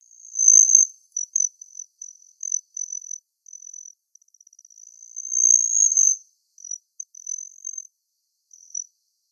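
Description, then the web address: Broad-tailed hummingbird giving very high, thin, tinny chips and short buzzy trills in irregular bursts, with one longer sizzling note midway. Recorded in Arizona. "Hummingbirds Swifts BTLH deviche"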